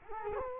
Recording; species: mosquito wingbeat signal from an infrared sensor; Culex quinquefasciatus